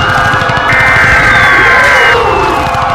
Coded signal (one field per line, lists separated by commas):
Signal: Emergency Alert System (SAME) tones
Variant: header bursts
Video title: EAS Scenario - Red Moon's Revenge (Little Preview)